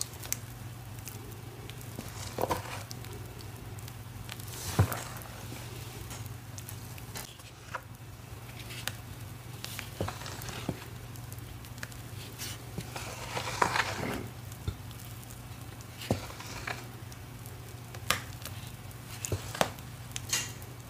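Cornstarch powder is crushed and crunched in irregular crackling bursts, with sharper snaps near five and fourteen seconds over a steady low hum.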